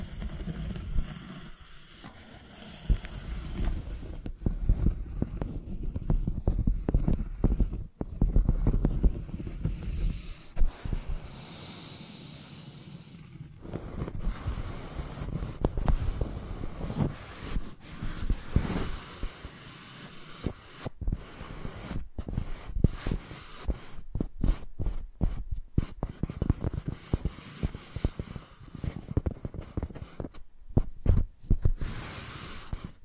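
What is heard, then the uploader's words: A microphone used like a pencil, scraped and rubbed so its own handling becomes the sound. Dense, irregular scratching and thumping with a heavy low rumble runs throughout, broken by short gaps near 8, 14, 21 and 28 seconds, with brighter hissy strokes in the later half. Using Mics as Pencils (No Talking).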